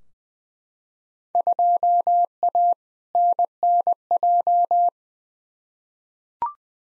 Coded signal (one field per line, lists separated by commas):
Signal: Morse code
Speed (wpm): 20 wpm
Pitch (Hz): 700 Hz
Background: none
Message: 2A NNJ